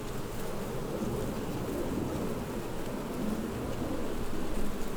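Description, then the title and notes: Busy wasp buzzing, a low fluttering hum that rises slightly in loudness toward the end. Wasps among the blossoms of the wild vine, Wörth am Rhein, Germany. "Haydnstraße 1, 76744 Wörth am Rhein, Deutschland - Wespen in den Weinranken. Wasps in the blossoms of the wild vine"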